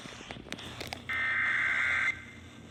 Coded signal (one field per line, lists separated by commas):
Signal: Emergency Alert System (SAME) tones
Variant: header bursts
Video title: SVR on WEGX, WMYB, 95.5, WKZQ, WWXM, 100.5, WYAV, WYNA (EAS #233-#240)